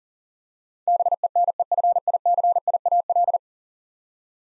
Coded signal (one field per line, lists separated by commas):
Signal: Morse code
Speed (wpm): 38 wpm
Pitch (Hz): 700 Hz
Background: none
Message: BENEFICIAL